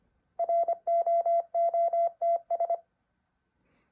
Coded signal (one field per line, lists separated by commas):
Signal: Morse code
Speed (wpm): 25 wpm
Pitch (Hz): 680 Hz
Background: none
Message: ROOTS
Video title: How to practice Morse code